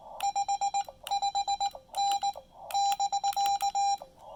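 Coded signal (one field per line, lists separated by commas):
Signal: Morse code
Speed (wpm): 19 wpm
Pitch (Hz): 800 Hz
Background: none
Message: 55N<BK>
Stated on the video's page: POTA activation at Lake Norman using a Xiegu X5105 running on its internal battery.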